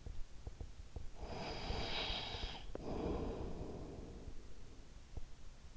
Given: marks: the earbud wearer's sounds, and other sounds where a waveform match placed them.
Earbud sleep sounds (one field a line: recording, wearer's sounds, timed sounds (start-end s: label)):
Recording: sounds in sleep by an in-ear microphone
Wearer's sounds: breath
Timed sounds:
1.00-4.77 s: breath